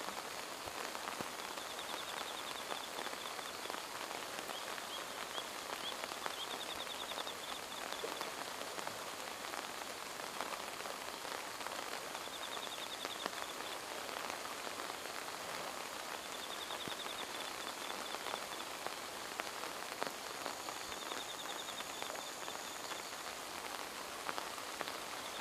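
Steady rain patters densely and evenly on a riverbed in the dark, a constant hiss of countless drops. Faint, high chirping birds surface every few seconds behind the rain, quiet, with a thin high call near the end.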